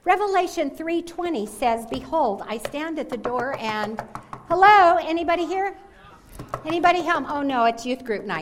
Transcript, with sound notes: Revelation 3:20 says, “Behold, I stand at the door and”. (knocking sound) Hello? Anybody here? Anybody home? Oh, no, it’s youth group night.